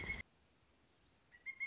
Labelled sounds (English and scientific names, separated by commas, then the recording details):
Pileated Woodpecker (Dryocopus pileatus)
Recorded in Sonoma County, California